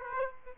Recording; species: mosquito wingbeat signal from an infrared sensor; Aedes aegypti